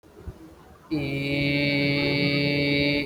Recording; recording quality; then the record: sustained vowel as in beet; moderate, slight background noise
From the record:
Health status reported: healthy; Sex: male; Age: 26 years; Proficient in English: yes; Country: India